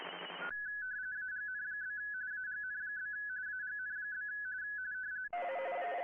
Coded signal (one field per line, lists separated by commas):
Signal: RTTY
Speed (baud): 45.45 baud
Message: AGN? AGN? AGN?